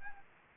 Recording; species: mosquito wingbeat signal from an infrared sensor; Anopheles gambiae